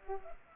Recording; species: mosquito wingbeat signal from an infrared sensor; Culex pipiens